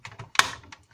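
A plastic housing part is pressed back onto a Luminox TIM 60 IDL.1 emergency exit light unit, with several light clicks and taps as it is worked into place. A sharp, loud click at 0.4 s marks the part seating, and it is now clipped on firmly so it will no longer move.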